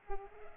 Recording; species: mosquito wingbeat signal from an infrared sensor; Culex pipiens